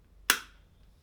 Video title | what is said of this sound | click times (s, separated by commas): Episode 12: Zeiss Ikon Contina ii (Review and Sample Photos) | right did you hear that click that click means it's folded out all the way | 0.3 s